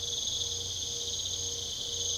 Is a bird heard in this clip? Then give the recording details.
no. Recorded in pastures near Puerto Asís, Putumayo, Colombia, on 22 December 2024 at 23:00. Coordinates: 0.486, -76.323. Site GP01